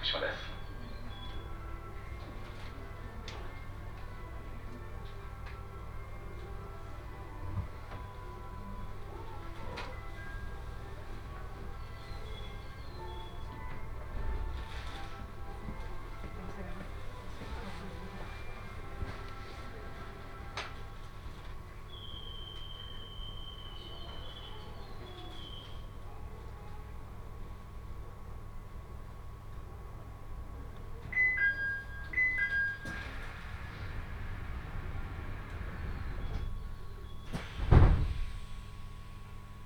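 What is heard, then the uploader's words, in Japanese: A train ride on the Tohoku Main Line, with a steady low rumble and hum running throughout. A thin high tone rises briefly around 22 seconds, a few short beeps sound near 31–33 seconds, and a sharp knock comes at about 38 seconds. 鉄道旅 東北本線 福島→北白川。列車はこの途中で福島県から宮城県へと入っていきます。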